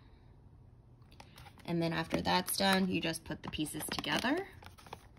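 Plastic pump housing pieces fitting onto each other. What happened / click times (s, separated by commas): Plastic parts handled, not yet snapped home / none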